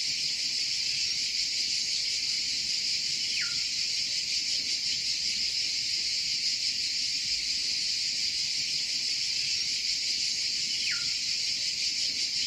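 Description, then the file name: Cicada song, a continuous high shrill buzz, with two brief downward-sliding whistled notes several seconds apart. "CICALE"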